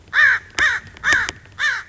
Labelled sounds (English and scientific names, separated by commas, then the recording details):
American Crow (Corvus brachyrhynchos)
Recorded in Sonoma County, California